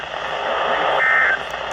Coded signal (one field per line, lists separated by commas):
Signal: Emergency Alert System (SAME) tones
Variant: end-of-message bursts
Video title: Welcome to Vegas! (EAS alerts from July 25-28, 2022, EAS 1,005-1,023)